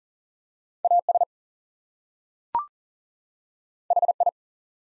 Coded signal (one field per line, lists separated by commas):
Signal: Morse code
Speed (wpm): 39 wpm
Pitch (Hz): 700 Hz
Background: none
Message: AS HI